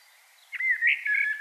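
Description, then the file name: Common blackbird giving a brief, mellow fluted phrase of a few warbled notes over a soft background hiss. "Turdus merula"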